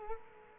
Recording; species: mosquito wingbeat signal from an infrared sensor; Culex quinquefasciatus